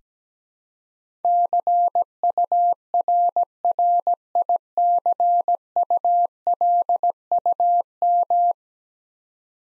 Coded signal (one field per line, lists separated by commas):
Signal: Morse code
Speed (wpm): 17 wpm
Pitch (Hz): 700 Hz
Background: none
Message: CURRICULUM